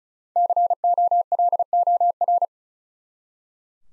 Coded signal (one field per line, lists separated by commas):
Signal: Morse code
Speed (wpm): 47 wpm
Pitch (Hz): 700 Hz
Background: none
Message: COLOR